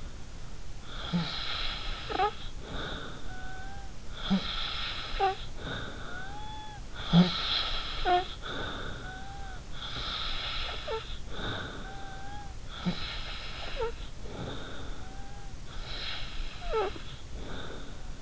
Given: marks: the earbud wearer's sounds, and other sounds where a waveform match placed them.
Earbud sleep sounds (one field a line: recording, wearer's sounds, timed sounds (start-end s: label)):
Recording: sounds in sleep by an in-ear microphone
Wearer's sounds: snoring breath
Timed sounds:
0.81-3.97 s: snoring breath
4.24-6.91 s: snoring breath
7.00-9.61 s: snoring breath
9.76-12.57 s: snoring breath
12.68-15.54 s: snoring breath
15.82-18.22 s: snoring breath